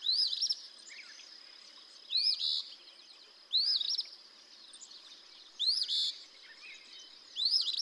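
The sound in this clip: Eastern phoebe delivering five hoarse fee-bee phrases, a snappy upslur followed by a burry buzz, over a constant high tone.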